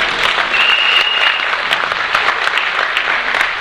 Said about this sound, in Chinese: 你看，给这小弟弟一个掌声。